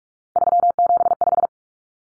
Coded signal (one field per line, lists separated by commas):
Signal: Morse code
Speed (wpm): 44 wpm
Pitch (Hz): 700 Hz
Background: none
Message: 375